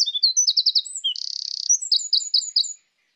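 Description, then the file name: Eurasian wren song: quick high chips and repeated notes, a sustained buzzy trill, then a run of bright repeated notes before stopping suddenly. "Troglodytes troglodytes"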